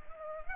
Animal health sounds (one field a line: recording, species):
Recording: mosquito wingbeat signal from an infrared sensor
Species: Culex pipiens